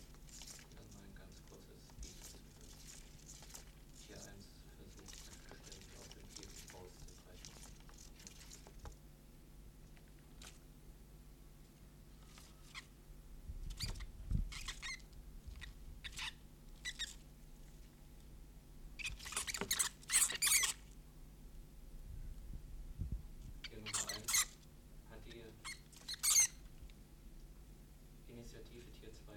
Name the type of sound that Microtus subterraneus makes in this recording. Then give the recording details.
defence call. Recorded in captivity. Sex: male. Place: Wohnung, Berlin, DE. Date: 1988-09-17. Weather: Zimmertemperatur. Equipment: Tesla B 115, RFT DM 2415 (Originalband). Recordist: Frommolt, Karl-Heinz. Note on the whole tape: Laute beim paarweisen Zusammensetzen von zwei Männchen (Tier 1 und Tier 2). Wildfang aus Erzgebirge